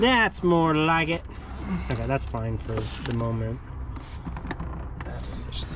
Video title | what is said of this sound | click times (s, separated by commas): Coolant Coolant Everywhere! | Yep, that one snapped in. | 4.5 s